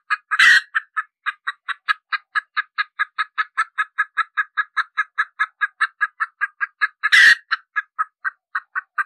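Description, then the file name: Red junglefowl hen cackle: a harsh squawk, then a long regular train of clipped clucks, another squawk, and the clucking continuing afterwards. Hen cackling (cục tác) after laying an egg. "Tieng ga mai rung cuc tac de"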